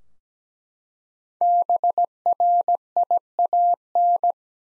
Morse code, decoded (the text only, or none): BRIAN